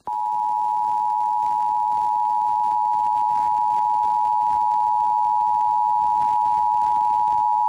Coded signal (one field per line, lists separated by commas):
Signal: Emergency Alert System (SAME) tones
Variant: 853 and 960 Hz attention tone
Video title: EAS #922-923: 2 EAS Required Monthly Tests- Apr. 5, 2024- 12:15AM PDT